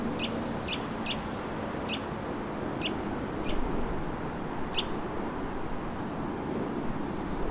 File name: Sitta europaea